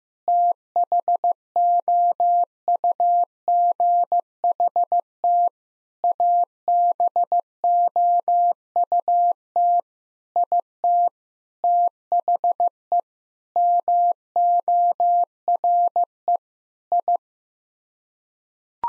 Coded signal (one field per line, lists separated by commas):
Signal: Morse code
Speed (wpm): 15 wpm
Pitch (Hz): 700 Hz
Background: none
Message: THOUGHT ABOUT IT THE MORE I